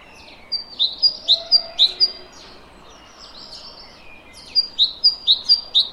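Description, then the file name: Great tit song in two bursts of quick, ringing two-note phrases repeated about six times each, with a gap of softer hiss between. "Parus major"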